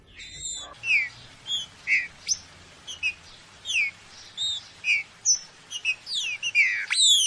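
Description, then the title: Green-winged saltator song: many clear, separate whistled notes, mostly downslurred, given in quick succession over a low hum. Classic song (canto clássico), training recording. "Canto Clássico Trinca Ferro TREINAMENTO"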